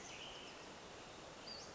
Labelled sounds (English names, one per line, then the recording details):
Western Flycatcher
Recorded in Sonoma County, California